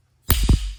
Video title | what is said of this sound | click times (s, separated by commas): Folding Hunter Knives & WW2 Hero Memorial In The Knife Shop! | hear that snap is a alligator snap I'm telling you but | 0.3 s